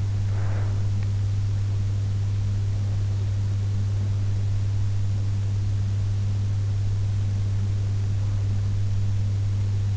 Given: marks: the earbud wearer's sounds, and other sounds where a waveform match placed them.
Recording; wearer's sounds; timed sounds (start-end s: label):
sounds in sleep by an in-ear microphone; breath
0.00-1.30 s: breath